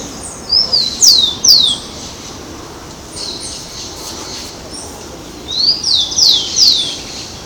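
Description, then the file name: Rufous-collared sparrow song, two bursts of rapid descending whistles, three to four notes each, separated by a pause of about four seconds, with steady high hiss behind. Recorded in São Paulo, Brazil. "Zonotrichia capensis Ibirapuera SP BR. ASilveira"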